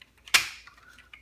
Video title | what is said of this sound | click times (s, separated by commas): Transformers Combiner Wars Devastator Combined Final Video | you can hear them all kind of Click right in | 0.0 s, 0.3 s, 1.1 s